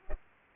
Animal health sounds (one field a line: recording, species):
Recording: mosquito wingbeat signal from an infrared sensor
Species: Culex pipiens